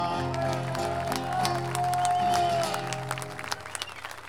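An audience at the Fifth International Payadores Encounter in San José de Maipo claps steadily over sustained guitar-like musical chords, the crowded patter of hands holding fairly loud before thinning into scattered claps toward the end.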